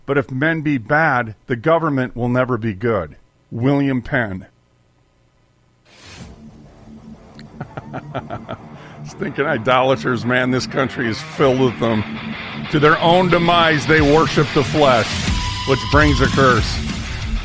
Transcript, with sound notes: But if men be bad, the government will never be good." William Penn. (laughs) Stinking idolators. Man, this country is filled with them. (heavy metal plays) To their own demise, they worship the flesh, which brings a curse....